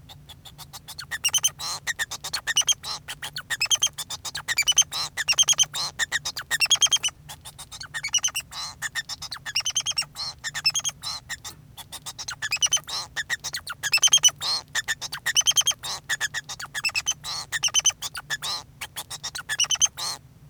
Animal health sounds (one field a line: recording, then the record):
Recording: song of a male Bengalese finch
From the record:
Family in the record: son of father 2